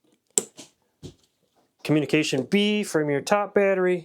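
A parallel communication cable's plastic plug is pushed into the communication port of a TechCella 48V LiFePO4 server rack battery and seats with a sharp click at 0.4 s, followed by a couple of softer handling taps. Someone then talks.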